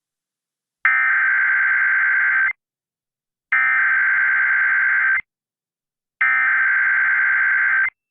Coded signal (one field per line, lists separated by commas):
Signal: Emergency Alert System (SAME) tones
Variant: header bursts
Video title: EAS 3127 PA Amber Alert on WPHT